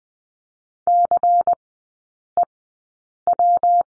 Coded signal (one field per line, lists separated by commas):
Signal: Morse code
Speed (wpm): 20 wpm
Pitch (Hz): 700 Hz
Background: none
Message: CEW